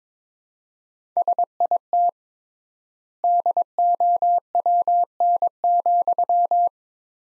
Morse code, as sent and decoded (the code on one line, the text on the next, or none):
... .. - / -.. --- .-- -. --..--
SIT DOWN,